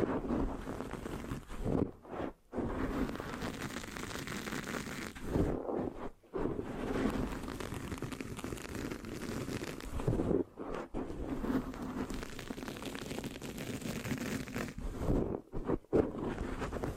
Mic Scratching, Sticky, Brain Massage Triggers